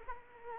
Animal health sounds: mosquito wingbeat signal from an infrared sensor; Culex quinquefasciatus

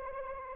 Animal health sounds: mosquito wingbeat signal from an infrared sensor; Anopheles arabiensis

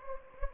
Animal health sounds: mosquito wingbeat signal from an infrared sensor; Anopheles gambiae

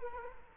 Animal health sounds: mosquito wingbeat signal from an infrared sensor; Culex quinquefasciatus

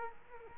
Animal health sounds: mosquito wingbeat signal from an infrared sensor; Culex quinquefasciatus

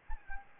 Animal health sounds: mosquito wingbeat signal from an infrared sensor; Anopheles gambiae

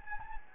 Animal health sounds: mosquito wingbeat signal from an infrared sensor; Anopheles gambiae

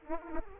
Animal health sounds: mosquito wingbeat signal from an infrared sensor; Aedes aegypti

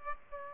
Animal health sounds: mosquito wingbeat signal from an infrared sensor; Aedes aegypti

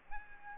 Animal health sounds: mosquito wingbeat signal from an infrared sensor; Aedes aegypti

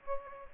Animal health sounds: mosquito wingbeat signal from an infrared sensor; Aedes aegypti

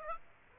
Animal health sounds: mosquito wingbeat signal from an infrared sensor; Aedes aegypti

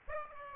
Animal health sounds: mosquito wingbeat signal from an infrared sensor; Aedes aegypti

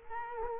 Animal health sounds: mosquito wingbeat signal from an infrared sensor; Culex quinquefasciatus

